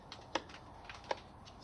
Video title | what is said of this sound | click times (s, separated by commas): VFR 800 thermostat replacement (part 1) | I just want to make sure you hear the click | 0.4 s, 1.1 s